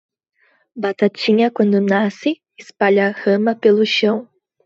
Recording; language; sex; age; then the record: short text; Brazilian Portuguese; female; 20 to 29 years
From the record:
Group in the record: control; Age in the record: 21 years